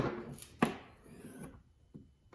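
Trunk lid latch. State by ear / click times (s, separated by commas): released / 0.6 s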